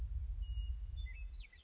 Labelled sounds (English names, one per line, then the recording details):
Western Meadowlark
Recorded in Sonoma County, California